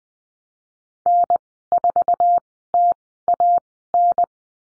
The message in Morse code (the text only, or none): N4TAN